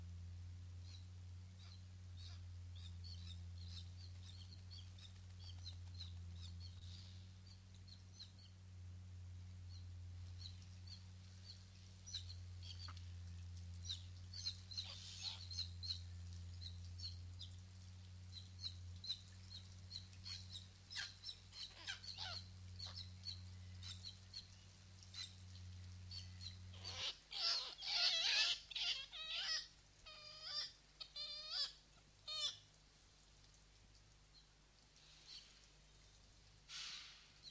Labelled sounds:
Black-legged Kittiwake call
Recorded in captivity
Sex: group
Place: Zoo Münster, Nordrhein-Westfalen, DE
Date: 1988-10-03 14:15
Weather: overcast, 14°C
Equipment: Sony WM-D6C, Kopie Uher
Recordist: Tembrock, Günter

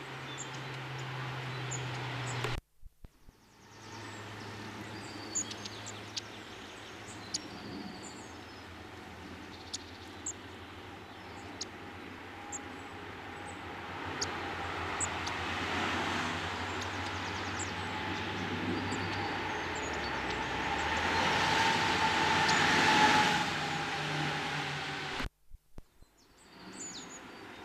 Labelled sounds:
Long-tailed Tit call
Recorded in the wild
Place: Michelstadt, OT Vielbrunn, Hessen, DE
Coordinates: 49.7139, 9.09778
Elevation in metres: 432
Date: 1976-03-30
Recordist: Tretzel, Erwin

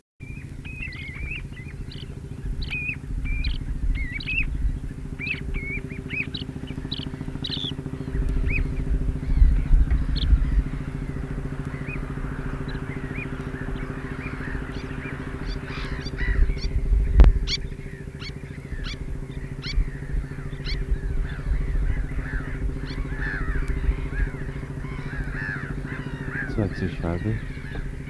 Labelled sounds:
Dunlin call
Little Tern call
Common Ringed Plover call
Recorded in the wild
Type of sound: call
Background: Charadrius hiaticula, Sternula albifrons
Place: Zudar, Insel Rügen, Mecklenburg-Vorpommern, DE
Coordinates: 54.26, 13.35
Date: 1970-05-30
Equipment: Nagra III BH, Sennheiser MD 21, parabola
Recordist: Schubert, Michael
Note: Alpenstrandläufer "tri"-Rufe, Sandregenpfeifer, Zwergseeschwalben

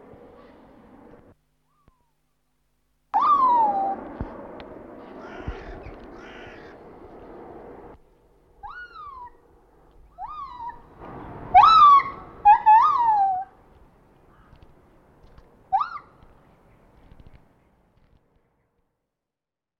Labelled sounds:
Lar Gibbon
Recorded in captivity
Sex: pair
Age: adult
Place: Tierpark Berlin, Berlin, DE
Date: 1985-12-14
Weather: bedeckt, diesig, 4 °C
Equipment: Sony WM-D6C, Sony ECM-939 LT, Kopie Tesla B 116
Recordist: Tembrock, Günter

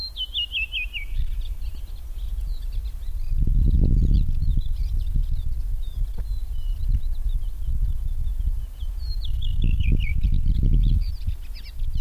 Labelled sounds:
Redwing song
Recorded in the wild
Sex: male
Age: adult
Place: Halbinsel Kindo, Karelien, RU
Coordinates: 66.5439, 33.1406
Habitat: taiga
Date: 1990-07-02 22:17
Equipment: Uher 4000 Report Monitor, Sennheiser MKH 416 T
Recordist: Frommolt, Karl-Heinz

